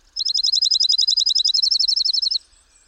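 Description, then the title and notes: Dark-eyed Junco singing a steady, rapid musical trill of identical high notes lasting a little over two seconds, level in pitch throughout. Also called snowbird. "J. Drew Lanham shares a note he has written to a Dark-eyed Junco"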